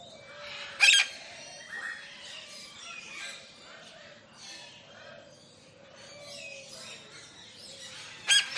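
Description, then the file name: Lilac-crowned amazon with a sharp, raspy squawk near the start and another at the end, with continuous parrot chatter and faint bird calls in between. One lilac-crowned amazon squawking close up in a large tropical aviary, with other parrots in the background. "zapsplat. tropical large avery parrots doves in bg one lilac crowned amazon parrot close up squawks"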